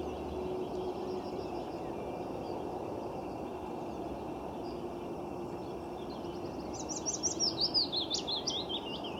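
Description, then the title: Willow warbler singing one gentle, descending phrase of clear whistled notes near the end, after several seconds of quiet rustling background noise. Resident passerine; length 11–12.5 cm, wingspan 17–22 cm. "Pouillot fitis"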